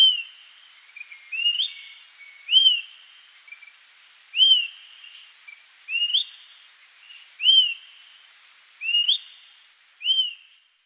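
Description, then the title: Bird singing a steady series of whistled, rising slurred phrases with brief higher chirps, repeated every second or two; light background hiss. "LuckyPassaro Completos2Sama"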